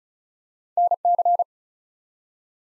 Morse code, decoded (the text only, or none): NC